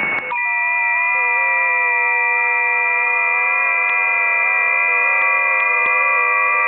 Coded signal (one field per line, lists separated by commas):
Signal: FT8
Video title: FT8 10 meter